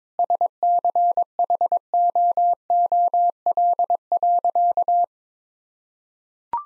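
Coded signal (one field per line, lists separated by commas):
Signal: Morse code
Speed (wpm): 22 wpm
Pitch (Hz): 700 Hz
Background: none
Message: SCHOOL.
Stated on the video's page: 22wpm drill of sentences containing common two-word phrases, each sent twice in Morse for head-copy practice.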